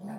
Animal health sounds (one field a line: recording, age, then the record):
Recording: pig call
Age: piglet (1 to 25 days)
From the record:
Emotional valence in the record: negative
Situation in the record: short isolation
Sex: male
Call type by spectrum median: low-frequency call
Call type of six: low-frequency modulated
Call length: 0.20 s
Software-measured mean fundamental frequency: 70 Hz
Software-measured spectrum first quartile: 205 Hz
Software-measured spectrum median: 303 Hz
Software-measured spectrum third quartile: 805 Hz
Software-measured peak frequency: 207 Hz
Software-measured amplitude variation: 82 dB a second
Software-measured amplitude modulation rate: 27.9 a second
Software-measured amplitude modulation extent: 3.0 dB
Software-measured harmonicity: 6.8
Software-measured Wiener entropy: -0.71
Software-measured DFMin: 735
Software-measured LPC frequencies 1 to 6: 740, 1692, 2475, 3650, 4538, 4806 Hz